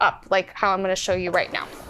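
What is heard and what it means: A Miele Dynamic U1 Cat & Dog upright vacuum's handle, with its power cord, is being handled before being pushed down into the top of the vacuum body, where it should latch with a loud click so the vacuum has power. Only someone talking is heard. Nothing has seated or clicked yet.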